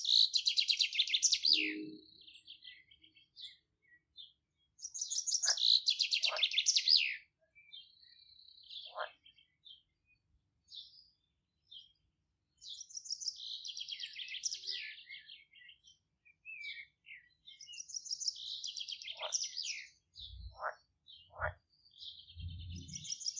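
Birds sing in bright, trilling bursts a few seconds long, returning every few seconds with short chirps between them. A low croak sounds near the start, and a cluster of deep, short croaks comes in the final few seconds.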